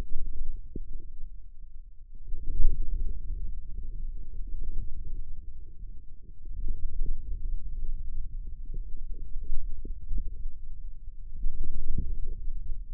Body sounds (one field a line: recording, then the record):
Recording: forearm muscle sounds (acoustic myography)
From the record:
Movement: wrist flexion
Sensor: system 2, bracelet of six BSWA MPA416 microphones around the upper forearm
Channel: 6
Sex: male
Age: 22 years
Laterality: right